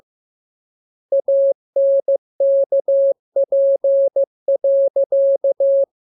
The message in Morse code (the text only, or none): ANKP.